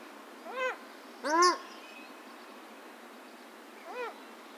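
Paradise shelduck calls: two harsh, arched honking notes close together near the start, then a third fainter one after a pause of over two seconds.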